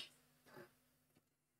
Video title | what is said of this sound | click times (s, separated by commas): How To Install A NVMe M.2 and RAM On Aorus AX370 K5 Motherboard | as you can see that was a really good fit and you can hear it click and | 0.0 s